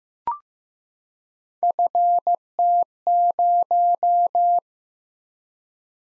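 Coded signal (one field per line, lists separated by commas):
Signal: Morse code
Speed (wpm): 15 wpm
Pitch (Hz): 700 Hz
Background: none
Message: FT0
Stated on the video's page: Morse practice of random three-character letter and number groups at 15 wpm, for head copy.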